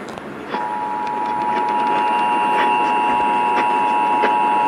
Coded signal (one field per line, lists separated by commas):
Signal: Emergency Alert System (SAME) tones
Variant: 853 and 960 Hz attention tone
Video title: (LATE UPLOAD 1/3) Inland Northwest/Idaho RMT on KBOI-AM (EAS #848)